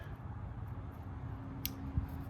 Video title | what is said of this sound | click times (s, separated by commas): KP mini 150 engine swap (Using old Hawk 250X engine) | Okay, you'll hear it click into place if it went all the way in. | 1.6 s